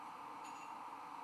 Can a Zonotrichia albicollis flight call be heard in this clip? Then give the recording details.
no. No flight call is heard. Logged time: 02:07 on 19 December 2014